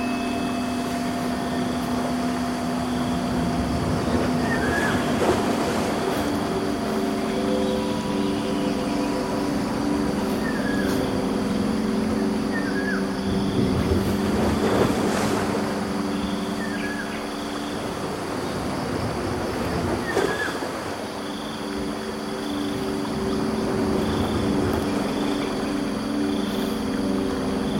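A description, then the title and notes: Birds call at twilight over a steady, dense bed of insect drone, with short rising chirps roughly every few seconds. Constant high buzzing bands and a low hum hold throughout, while a few soft rushing swells rise around the middle. The source field recording of waves washing over Albanian rocks conjured the beauty of both white noise and organic tidal repetition. Adding the sounds of twilight birds giving way to cicadas in the swelter of a night in Sungai Petani, Malaysia.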